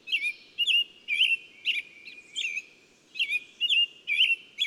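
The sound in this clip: Bird chirps: lively, wavering tweets in quick succession with a short gap midway, over a soft low rumble.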